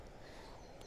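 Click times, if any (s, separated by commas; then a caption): 0.8 s. A bike GPS unit (Garmin Edge Touring) is twisted a quarter turn into its plastic handlebar mount over a low, steady background rumble. A short, quiet click at 0.8 s shows the unit has clipped in and seated.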